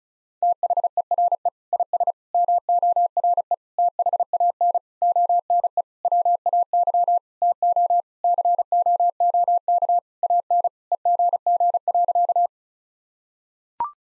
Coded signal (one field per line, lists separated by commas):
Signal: Morse code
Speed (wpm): 36 wpm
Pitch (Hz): 700 Hz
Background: none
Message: THERE IS MORE THAN ONE WAY TO COOK AN EGG.